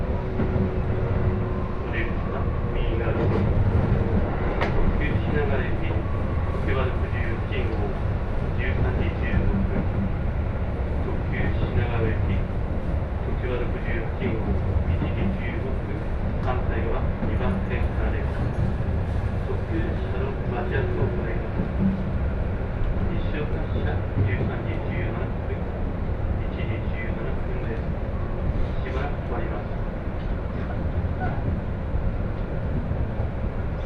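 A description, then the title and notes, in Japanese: A train ride on the Joban Line between Katsuta and Ishioka, carried by a constant, heavy low rumble. Voices talk over it on and off, with small clicks and rattles every few seconds. The loudness stays even from start to finish. 耳で楽しむ鉄道旅 常磐線 勝田→石岡。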